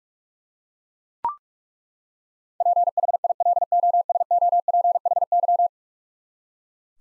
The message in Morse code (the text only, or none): PHILOSOPHY